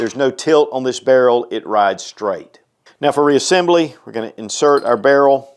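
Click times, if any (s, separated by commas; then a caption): none. Someone talks while preparing to reassemble a Smith & Wesson M&P 5.7x28 pistol, about to insert its rotating, non-tilting Tempo barrel into the locking block on the frame, where it must lock in place before the pistol will reassemble. Only speech is heard, and the barrel has not yet seated or clicked into place.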